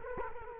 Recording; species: mosquito wingbeat signal from an infrared sensor; Culex quinquefasciatus